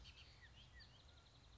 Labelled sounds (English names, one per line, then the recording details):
Bullock's Oriole
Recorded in Sonoma County, California